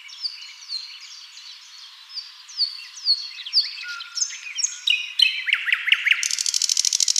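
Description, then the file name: Common nightingale song building from soft varied chirps to a loud, very rapid stuttering trill at the close. "Luscinia megarhynchos"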